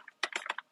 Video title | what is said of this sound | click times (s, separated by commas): Showcase-Setup-Demo & FPS Test - SHELL THROW MP5K Gel Ball Blaster - Contest Link in Desc | see how it locks in place | 0.2 s